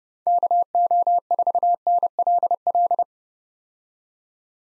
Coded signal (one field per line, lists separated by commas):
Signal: Morse code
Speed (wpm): 32 wpm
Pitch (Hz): 700 Hz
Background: none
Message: KO4NLL